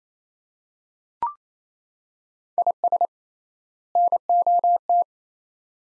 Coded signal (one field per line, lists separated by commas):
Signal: Morse code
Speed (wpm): 27 wpm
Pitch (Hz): 700 Hz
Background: none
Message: IS NOT